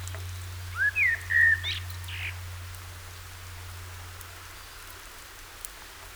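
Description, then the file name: Common blackbird giving a short fluty whistled phrase, a rising note then level warbled notes, over a steady low hum. "Turdus merula"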